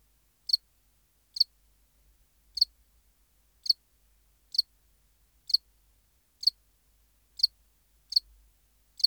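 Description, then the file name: House cricket chirping: short, high, clicky chirps repeated about once a second, ten in all, against a silent background. "Acheta domesticus"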